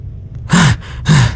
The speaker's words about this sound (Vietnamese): Trương Bình rít một tiếng, ngồi dậy, ngực phập phồng, liêm tiết thở hổn hển.